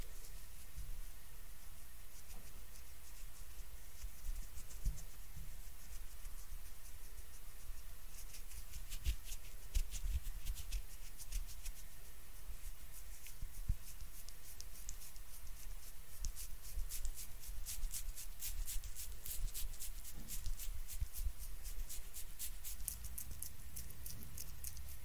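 Face-treatment spa ASMR: soft, steady crackling and patting fills the whole stretch, with a faint low hum underneath. From about eight seconds the bright ticking grows denser and quicker, a rapid run of tiny taps and clicks, with a few duller bumps scattered throughout.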